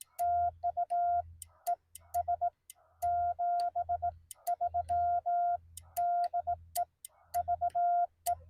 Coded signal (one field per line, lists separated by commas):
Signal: Morse code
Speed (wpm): 18 wpm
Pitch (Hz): 700 Hz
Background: none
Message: TU ES 73 DE VE